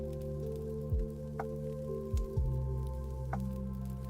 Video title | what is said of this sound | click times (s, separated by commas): 【Gunpla】Let's finish Maxter! - HG Maxter Gundam | I'm not hearing a click. Why is that? Why no click? | none